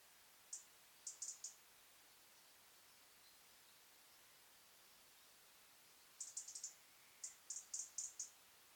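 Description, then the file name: European robin giving very high, thin ticking notes, singly or in short rapid clusters, with a pause of nearly five seconds midway, over a soft steady hiss. "Erithacus rubecula"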